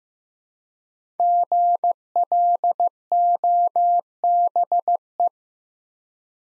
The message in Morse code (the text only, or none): GLOBE